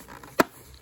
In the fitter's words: oh I heard it go okay just kind of lined them up kept pushing and getting the angles just right and all of a sudden it clicked right in